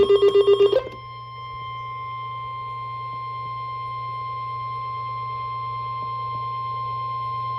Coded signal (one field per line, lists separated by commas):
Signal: Emergency Alert System (SAME) tones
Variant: 1050 Hz attention tone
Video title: Special Marine Warning (EAS #76)